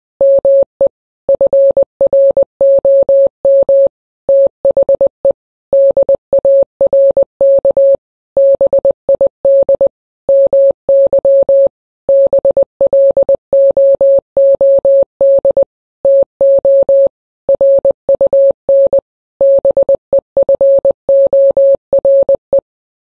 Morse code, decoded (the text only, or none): ME FROM THE DARK BID MY BLOOD TO RUN BEFORE